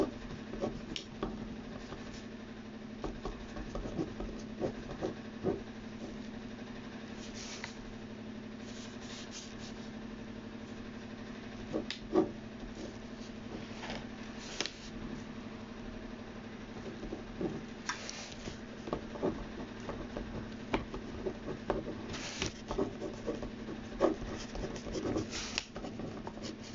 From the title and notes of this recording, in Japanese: 身体表現家 役者でない が何らかのテキストを書き写しているときの音をお送りします。今回は、素潜り旬さんの詩集『パスタで巻いた靴』より『パスタで巻いた靴』を移している最中の音です。